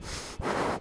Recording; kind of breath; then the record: one breath in and out by a microphone near the nose and mouth; strong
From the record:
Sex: male